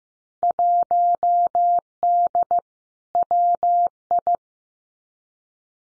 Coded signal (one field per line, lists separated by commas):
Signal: Morse code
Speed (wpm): 15 wpm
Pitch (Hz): 700 Hz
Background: none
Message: 1D WI